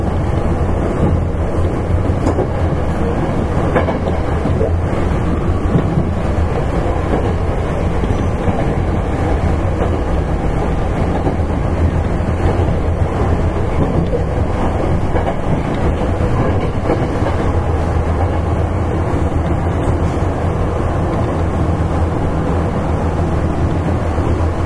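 Running sound of a Sanyo Electric Railway 5000 series train, recorded between Maiko-Koen and Kobe-Sannomiya. A steady, dense low rumble and hum continue throughout the whole stretch at an even level. Faint clicks and brief knocks from the rails come through at irregular moments.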